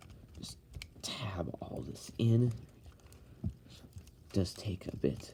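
A plastic tab on a body panel of a Transformers Revenge of the Fallen Deluxe class Mudflap figure is pressed into its slot during transformation, with a single sharp, loud snap at 0.8 s showing the tab is seated. Someone talks throughout, with a few fainter plastic clicks and handling sounds around it.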